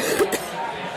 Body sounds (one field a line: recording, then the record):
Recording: coughing mixed with background sound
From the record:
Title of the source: 30 Chesty and wet cough